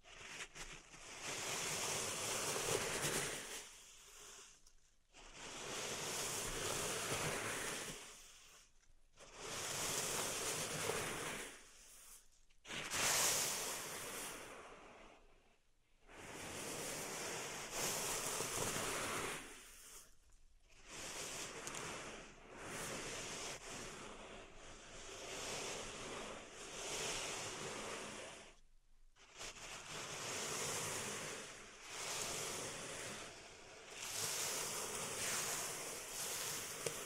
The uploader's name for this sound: Pink Salt Zen Garden Triggers